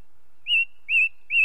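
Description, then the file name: Ring ouzel giving three clear, slightly wavering fluty notes in steady succession, about two per second, over a quiet background. Heard against a background of light nature noise. "belozobij drozd na fone legkij shum prirodi"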